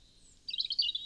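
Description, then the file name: European robin giving a brief, rapid jumble of high, tinkling notes after a short silence. "Erithacus rubecula"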